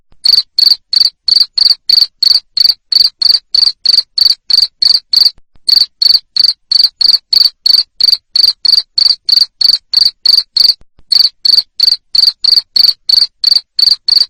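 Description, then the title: Cricket calling with a long run of loud, sharp chirps at a brisk steady pace, pausing briefly twice. Loud cricket chirping used to stimulate lovebirds into continuous singing. "Suara JANGKRIK NGERIK Keras Bikin LOVEBIRD Jadi NGEKEK Terus Vubey"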